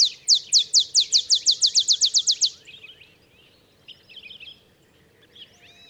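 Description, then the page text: Olive sparrow song, a rapid accelerating series of sharp downslurred notes lasting about two and a half seconds, followed by faint twittering. Olive sparrow singing in the early morning in Texas, 50 miles north of the Mexican border; simple songs like a field sparrow's bouncing-ball song, though less mellow and melancholy. "songs Olive Sparrow. Recording early morning just 50 miles north of the Mexican border in Texas. Birdsong for the Curious Naturalist"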